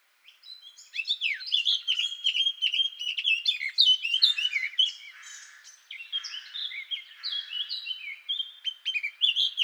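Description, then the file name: Eurasian blackcap giving a continuous, varied warble of fluty and scratchy notes, rising and falling in loudness for about nine seconds. "Sylvia atricapilla"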